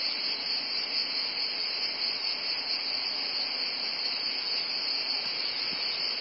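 Cicada giving an unbroken shrill whine at a constant pitch.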